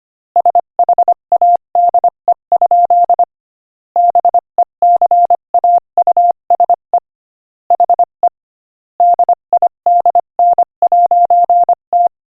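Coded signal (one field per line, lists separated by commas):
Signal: Morse code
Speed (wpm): 24 wpm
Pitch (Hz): 700 Hz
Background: none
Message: SHADE? BECAUSE HE DIDN'T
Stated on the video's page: Morse code practice clip at 25 wpm; the text is a joke.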